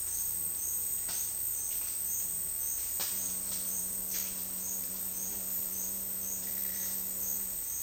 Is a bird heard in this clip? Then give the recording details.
no. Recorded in dense forest near Puerto Asís, Putumayo, Colombia, on 18 February 2024 at 11:00. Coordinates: 0.485, -76.318. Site G6408